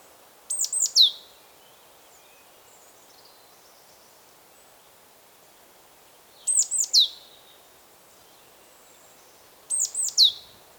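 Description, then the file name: Great tit calling: three brief high phrases, each of three thin notes ending in a falling slur, spaced several seconds apart against soft hiss. "Parus major"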